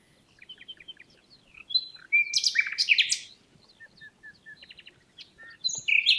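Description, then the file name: Common nightingale song: soft repeated notes, a burst of harsh varied chirps, then a row of short whistles and another loud phrase. "Luscinia megarhynchos"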